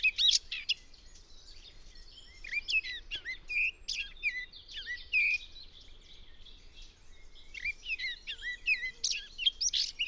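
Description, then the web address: Eurasian blackcap giving bursts of fast, high warbling with chirps and short whistles, over a soft low rumble of background noise. "cianscape birddata Deverinetal 2025"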